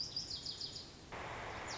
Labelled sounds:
Lazuli Bunting (Passerina amoena)
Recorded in Sonoma County, California

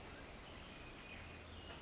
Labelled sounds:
Pacific Wren (Troglodytes pacificus)
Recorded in Sonoma County, California

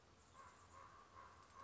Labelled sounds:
Common Raven (Corvus corax)
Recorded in Sonoma County, California

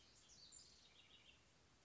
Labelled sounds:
House Wren (Troglodytes aedon)
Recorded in Sonoma County, California

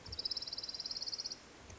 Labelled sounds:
Orange-crowned Warbler (Leiothlypis celata)
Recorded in Sonoma County, California

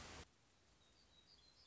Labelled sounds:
Black-throated Gray Warbler (Setophaga nigrescens)
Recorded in Sonoma County, California

